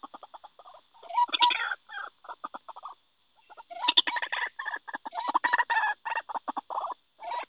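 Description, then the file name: White-breasted waterhen giving harsh, clucking calls in uneven bursts, with a brief pause before a busier run of croaks. White-breasted waterhen (ruak-ruak) call recording used as a lure (pikat) to attract birds. "suara ruak ruak pikat 2 omkicau"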